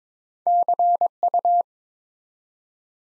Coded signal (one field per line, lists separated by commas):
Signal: Morse code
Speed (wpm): 23 wpm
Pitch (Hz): 700 Hz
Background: none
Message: CU